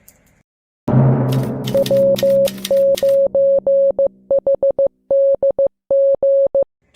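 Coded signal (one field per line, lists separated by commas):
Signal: Morse code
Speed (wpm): 15 wpm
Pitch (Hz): 550 Hz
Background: music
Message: W9HDG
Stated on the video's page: Parks on the Air activation in a national forest in NW Wisconsin, operated purely in PSK31.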